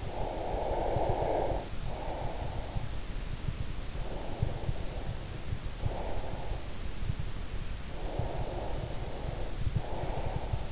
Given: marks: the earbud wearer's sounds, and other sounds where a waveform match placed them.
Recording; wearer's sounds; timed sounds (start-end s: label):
sounds in sleep by an in-ear microphone; breath
0.00-2.78 s: breath
3.91-6.78 s: breath
7.74-10.72 s: breath